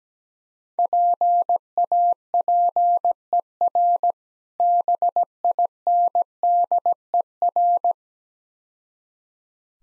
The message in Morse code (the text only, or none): PAPER BINDER